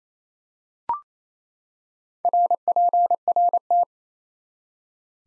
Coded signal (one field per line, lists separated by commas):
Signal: Morse code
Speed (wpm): 27 wpm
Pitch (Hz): 700 Hz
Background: none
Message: RPRT